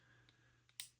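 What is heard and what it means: A plastic wing on a small Star Wars Micro Galaxy Squadron Series 8 toy starfighter is pulled upward on its ridged hinge. Two faint ratchet clicks are heard at 0.3 and 0.7 seconds, followed by a loud, sharp snap at 0.8 seconds. The wing locks into its full upright position.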